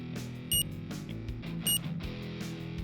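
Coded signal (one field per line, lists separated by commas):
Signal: beep code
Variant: Cuda reflex sight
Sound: two short high electronic beeps about a second apart, with tapping clicks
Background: tapping, low background hum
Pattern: 2 short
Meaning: Two beeps confirm a decrease of the intensity offset, dimming the reticle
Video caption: decrease your Intensity Offset or to make your reticle dimmer tilt your sight left and then tap on either side. *beep down* *beep down*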